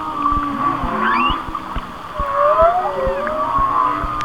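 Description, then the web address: Whale song with wavering tonal moans and an upswept whistle, layered over a steady hiss and scattered clicks. "Natures Songs Whale Songs Whale Songs- Mike Mc Donald"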